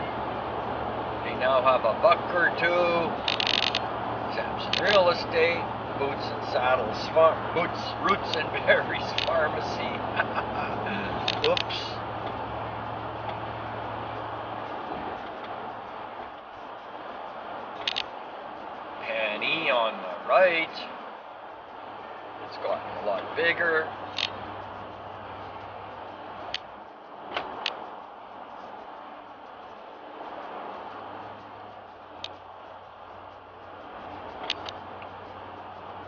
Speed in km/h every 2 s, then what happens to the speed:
96, 95, 94, 94, 93, 93, 93, 90, 87, 85, 82, 82, 82, 81, 79, 78, 78, 79.
0-12 steady at about 94. 12-20 slows to 82. 20-36 steady at about 79.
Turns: none.